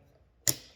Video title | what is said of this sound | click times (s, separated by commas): Which mini tripod is better - here's a comparison of Joby and Manfrotto | locks in place. | 0.5 s